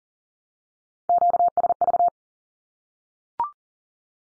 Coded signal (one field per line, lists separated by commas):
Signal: Morse code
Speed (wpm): 40 wpm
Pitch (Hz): 700 Hz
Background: none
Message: QSV